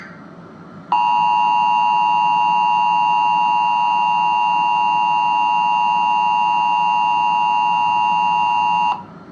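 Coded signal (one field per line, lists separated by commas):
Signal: Emergency Alert System (SAME) tones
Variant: 853 and 960 Hz attention tone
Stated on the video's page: New Jersey Required Monthly Test received on Verizon.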